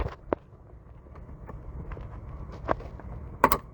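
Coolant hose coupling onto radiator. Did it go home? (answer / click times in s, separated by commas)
yes / 3.4 s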